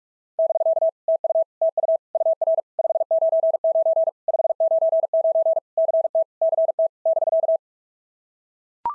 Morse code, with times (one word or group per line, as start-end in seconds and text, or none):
0.4-0.9 <BK>
1.1-1.4 TU
1.6-2.0 TU
2.1-2.6 UR
2.8-4.1 599
4.3-5.6 599
5.8-6.2 CT
6.4-6.9 CT
7.1-7.6 <BK>